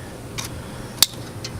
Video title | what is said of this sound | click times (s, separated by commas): How to change spark plugs on a 2010 Chevy Malibu with the drunk Englishman #SparkPlugs #ChevyMalibu | Hear a little snap. That's how you know it's back in there. | 1.0 s